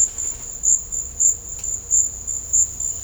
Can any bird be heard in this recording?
no